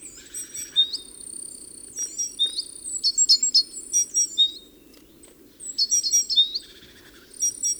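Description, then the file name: Great tit calls: dense runs of high thin notes and sharp chips in quick clusters of three to five, pausing briefly before another burst. "Parus major"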